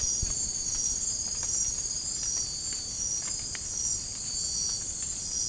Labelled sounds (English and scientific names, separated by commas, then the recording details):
none
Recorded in dense forest near Puerto Asís, Putumayo, Colombia, on 27 June 2025 at 01:30
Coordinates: 0.503, -76.323
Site G059